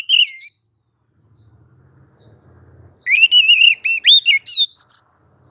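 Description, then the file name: Oriental magpie-robin giving a short whistled burst, then a pause with faint low rumbling, followed by a longer sequence of varied warbled and chirped whistles. Female calling to the male. "Kacer betina memanggil jantan"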